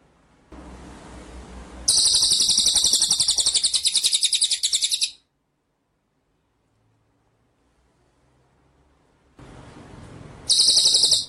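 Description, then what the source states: White-rumped shama song: a long, fast, pulsing high trill lasting about three seconds, a silent pause, then another trill beginning, each preceded by hissy noise. Masteran (training) track for murai batu; full rolling (ngerol) and shooting (nembak) song style.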